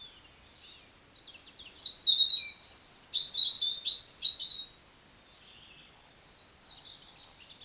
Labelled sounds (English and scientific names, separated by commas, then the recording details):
Eurasian Woodcock (Scolopax rusticola) whistle, Eurasian Woodcock (Scolopax rusticola) croak
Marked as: whistle, croak, whistle
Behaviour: display flight
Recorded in Baden-Württemberg, Germany, on 17 June 2021 at 19:50 UTC
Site 25832, 648 m above sea level